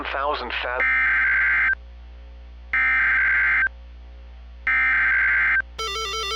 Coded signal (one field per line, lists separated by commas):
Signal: Emergency Alert System (SAME) tones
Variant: header bursts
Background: speech